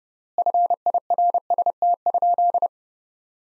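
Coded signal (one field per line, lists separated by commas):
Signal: Morse code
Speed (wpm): 30 wpm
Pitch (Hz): 700 Hz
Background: none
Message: FIRST?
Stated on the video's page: Morse code sentences from the top 100 words at 30 wpm with 4x word spacing, a Farnsworth-like head-copy drill.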